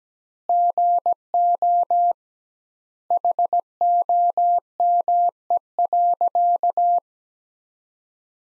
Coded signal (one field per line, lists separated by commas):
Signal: Morse code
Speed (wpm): 17 wpm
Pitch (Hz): 700 Hz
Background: none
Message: GO HOME.